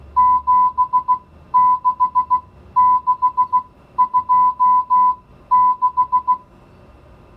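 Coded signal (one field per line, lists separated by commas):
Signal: Morse code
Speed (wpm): 16 wpm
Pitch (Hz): 1000 Hz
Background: music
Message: 76626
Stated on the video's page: Morse receiving lesson with mixed digits 0-9 for listening and writing practice.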